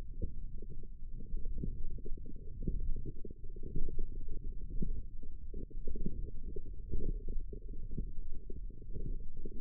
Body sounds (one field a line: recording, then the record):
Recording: forearm muscle sounds (acoustic myography)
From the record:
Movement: wrist flexion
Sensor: system 1, eight BSWA MPA416 microphones around the upper forearm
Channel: 5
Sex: female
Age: 21 years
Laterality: right